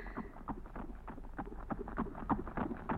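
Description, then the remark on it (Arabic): The hooves of two horsemen's horses, one ridden by Prince Hassan, clip-clop in a quick, steady rhythm of sharp knocks as they approach an oasis, growing a little louder over a low rumble of wind, with no voices, in a One Thousand and One Nights story. “الله، من هؤلاء يا ربي؟ فارسان نحوي قادمان.”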